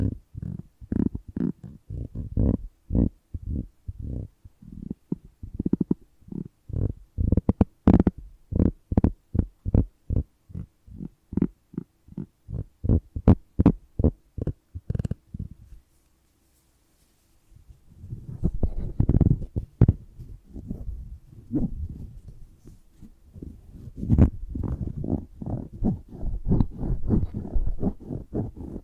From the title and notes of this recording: ASMR for People Who Like Sensitive Triggers (No Talking).